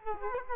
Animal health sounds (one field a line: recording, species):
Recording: mosquito wingbeat signal from an infrared sensor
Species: Culex quinquefasciatus